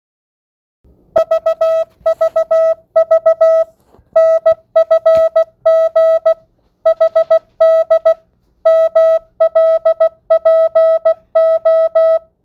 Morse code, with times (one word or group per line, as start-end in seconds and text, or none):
1.2-3.6 VVV
4.2-6.3 NFG
6.9-8.1 HD
8.7-12.2 MLPO